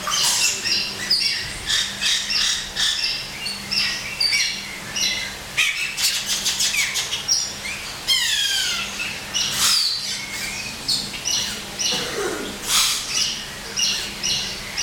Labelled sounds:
Black-necked Aracari call

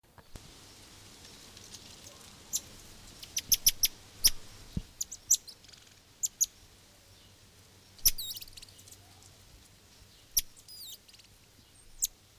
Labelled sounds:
Brown-mantled Tamarin

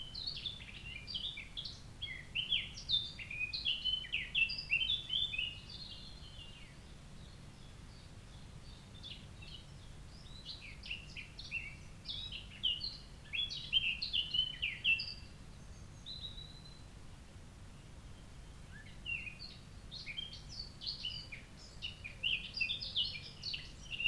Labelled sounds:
Eurasian Blackcap song

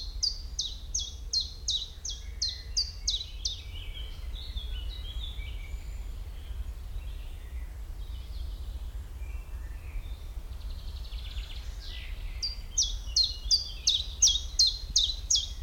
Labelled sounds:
Common Chiffchaff

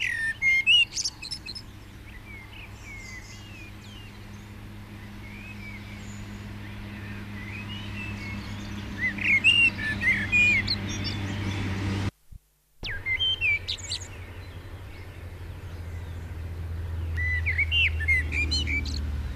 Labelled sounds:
Common Blackbird song

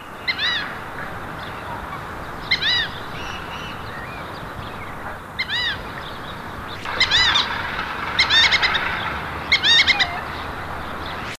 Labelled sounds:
Fulvous Whistling Duck call

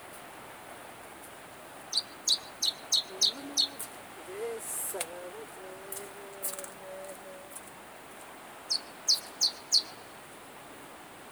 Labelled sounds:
Canary Islands Chiffchaff song

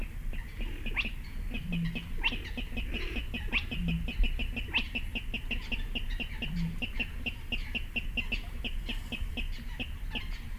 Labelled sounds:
Spotted Crake

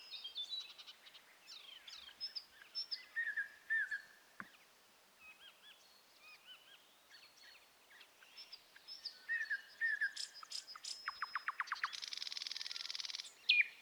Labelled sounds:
Thrush Nightingale song

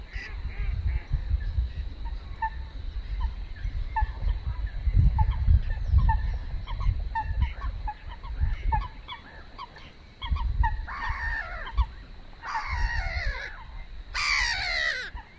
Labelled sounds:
Whiskered Tern call

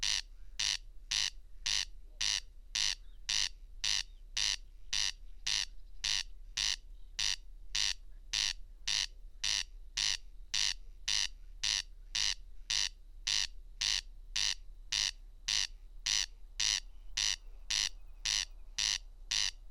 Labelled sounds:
Corn Crake song

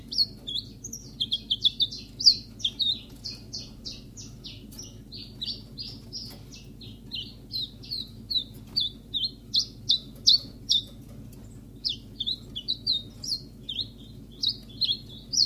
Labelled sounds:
Common Chiffchaff

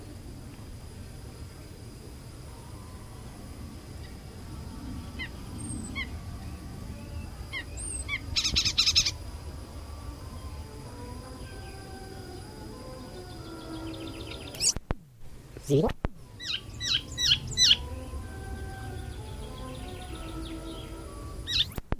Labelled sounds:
Icterine Warbler song

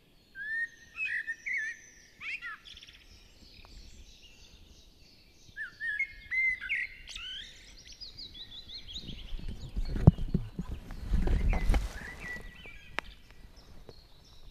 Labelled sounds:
Common Blackbird song

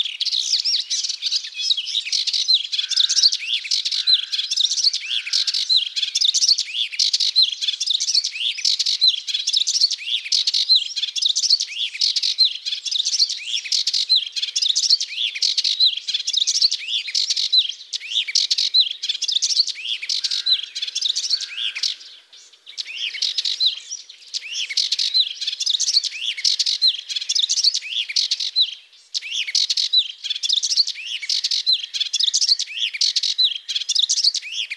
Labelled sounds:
Melodious Warbler song

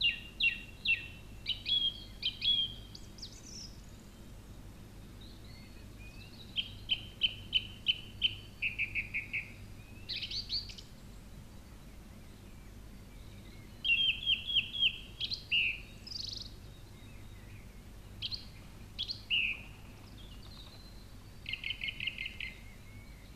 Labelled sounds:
Song Thrush song

